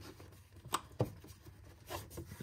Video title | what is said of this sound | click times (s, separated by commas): 2001-05 Duramax Water Pump & Thermostats Replacement How-To | them in and you can hear it kind of snap into place | 0.8 s, 1.0 s